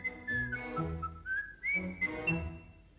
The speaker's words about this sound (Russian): Как ты замечательно свистишь. Прямо птичья трель. Выучи-ка меня.